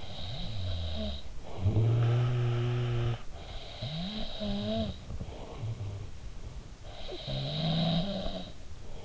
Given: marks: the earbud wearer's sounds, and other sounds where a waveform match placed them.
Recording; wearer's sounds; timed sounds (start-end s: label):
sounds in sleep by an in-ear microphone; snoring breath
0.00-9.05 s: snoring breath